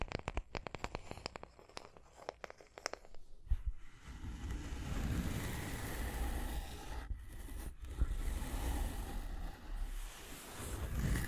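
Quick, sharp taps come in an irregular crackling run for the first three seconds or so. A dense, continuous scratching then takes over and holds steady to the end, with a low rumble underneath and two brief breaks near the seventh and eighth seconds.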